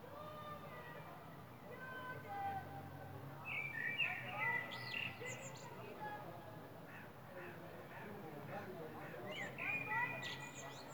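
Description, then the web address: Common blackbird song: clear whistled phrases near the middle and end, each closing in a higher squeaky twitter, over a steady low background hum. Recorded in April. "Amsel im April"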